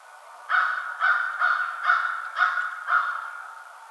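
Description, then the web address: American crow giving a series of six harsh caws, roughly two per second, each a short burst with a hoarse nasal tone. Recorded 21 March 2007. "American Crow 2007 03 21"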